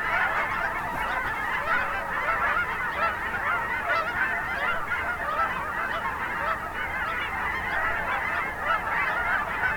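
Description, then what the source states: Goose: many geese honk together in an unbroken, busy chorus of nasal calls, evenly loud from start to finish. Geese recorded at Finley National Wildlife Refuge, Oregon.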